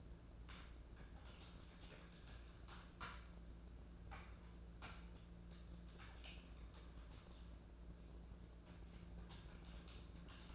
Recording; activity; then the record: daily activity, microphone in the room; typing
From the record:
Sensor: 2